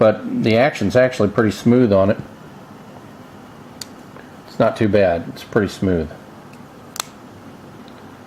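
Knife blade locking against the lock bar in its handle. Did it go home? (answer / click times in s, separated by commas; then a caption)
yes / 7.0 s. Someone talks about a Kershaw Emerson CQC-4KXL folding pocket knife, then its blade is flicked open. At 7.0 s the steel lock bar in the handle snaps in behind the blade with a sharp click, and the blade locks open securely.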